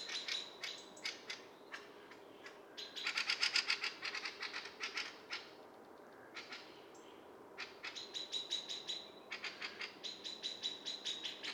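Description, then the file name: Eurasian blackbird uttering rapid, hard clicking calls in uneven runs, briefly louder in the middle, while a faint high steady whistle sounds underneath. "Turdus merula"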